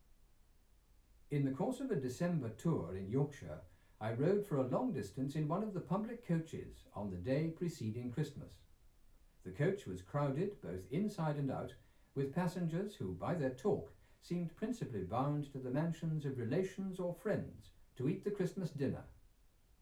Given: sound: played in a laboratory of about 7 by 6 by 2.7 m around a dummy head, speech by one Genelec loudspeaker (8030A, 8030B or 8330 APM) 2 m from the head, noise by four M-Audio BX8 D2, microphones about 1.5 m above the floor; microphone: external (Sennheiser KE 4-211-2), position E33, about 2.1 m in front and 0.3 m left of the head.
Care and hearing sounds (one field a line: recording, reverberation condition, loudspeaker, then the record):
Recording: male speech in English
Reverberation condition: low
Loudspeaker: behind (180 degrees)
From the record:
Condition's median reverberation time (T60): about 310 ms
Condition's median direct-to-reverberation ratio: about 3.5 dB